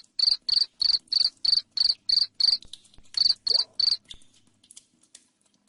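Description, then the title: Cricket chirping, loud high trilled pulses about three per second, a brief pause, then three more before fading to faint clicks. Loud cricket chirping played to make lovebirds sing continuously. "Suara JANGKRIK NGERIK Keras Bikin LOVEBIRD Jadi NGEKEK Terus Vubey"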